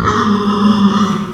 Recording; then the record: squeal of a Yucatan mini pig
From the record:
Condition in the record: after surgery on the right vocal fold (resection and tissue-engineered implant); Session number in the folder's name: 15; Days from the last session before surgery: 175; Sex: female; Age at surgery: 19 weeks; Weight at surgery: 25 kg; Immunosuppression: prednisolone